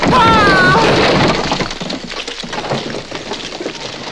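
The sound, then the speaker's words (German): A large load of coal pours down from a coal store onto the engines Gordon, James and Emily after a wagon rolls against a lever, in a loud, dense rush of rattling and clattering that eases a little after the first second, with a brief high squealing whistle at the very start. “Eine gewaltige Ladung Kohle ergießt sich aus dem Kohlelager und überzieht Gordon, James und Emily mit einer schwarzen Staubschicht.”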